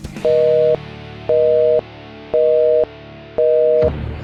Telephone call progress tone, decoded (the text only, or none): busy tone